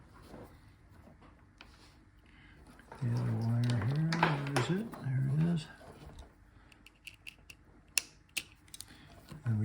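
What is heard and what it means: A wire contact is released and pulled out of a plastic connector housing, depinned at 8.0 s with a sharp click. Someone talks at first, and small ticks and handling sounds follow after the release.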